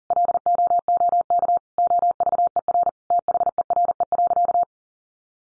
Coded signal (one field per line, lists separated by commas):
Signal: Morse code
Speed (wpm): 40 wpm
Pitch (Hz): 700 Hz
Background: none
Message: LOOK OVER THERE.